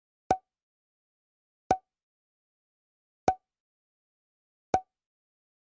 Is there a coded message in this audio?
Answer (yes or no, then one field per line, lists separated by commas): no